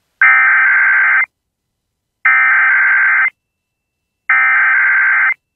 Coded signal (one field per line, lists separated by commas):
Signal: Emergency Alert System (SAME) tones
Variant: header bursts